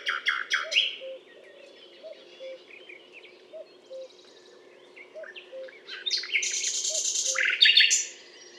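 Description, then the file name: Common nightingale song: loud rattling bursts, then fragmented twitters and a burst of bright, rich repeated notes near the end, over soft low notes repeated in pairs. Recorded on a limestone butte in France, on 19 May 2012. "rossignol philomele Butte calcaire de Gratacap"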